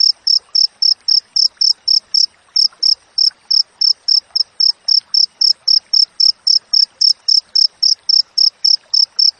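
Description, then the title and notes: Cricket chirping in a steady, tightly spaced series of short, high, clear pulses, about four each second, continuing without a break. Clear natural cricket sound with tightly spaced chirps, used as a master recording for training songbirds and for driving away rats. "Masteran Jangkrik Alam Jernih, Jeda Rapat Cocok Untuk Masteran Burung Dan Mengusir Tikus. suara jangkrik"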